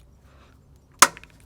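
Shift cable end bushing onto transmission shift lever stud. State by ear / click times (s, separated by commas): seated / 1.0 s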